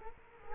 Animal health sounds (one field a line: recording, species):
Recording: mosquito wingbeat signal from an infrared sensor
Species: Culex quinquefasciatus